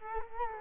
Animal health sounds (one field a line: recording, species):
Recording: mosquito wingbeat signal from an infrared sensor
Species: Culex quinquefasciatus